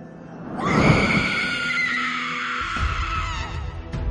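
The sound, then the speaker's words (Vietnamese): A horrifying, drawn-out scream rises sharply and holds a shrill, wavering pitch for several seconds over a low rumbling background, with no talking; it comes from the right side, at night. “Bỗng một âm thanh thét lên kinh dị, nhưng không phải từ quán linh trước mặt, mà nó từ một vị trí khác ở phía bên phải.”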